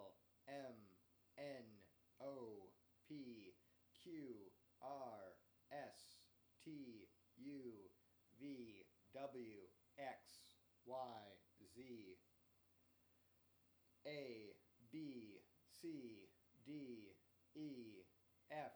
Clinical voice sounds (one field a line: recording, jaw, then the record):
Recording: letters of the alphabet, spoken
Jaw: free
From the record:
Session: first day, before the bite bar